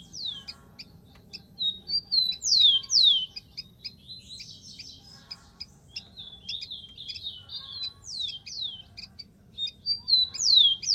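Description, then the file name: Rufous-collared sparrow singing repeated phrases, high whistled notes leading into two or three steeply falling slurs, with busy chirping between songs. "canto do tico tico"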